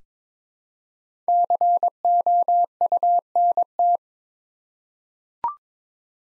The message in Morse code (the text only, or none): COUNT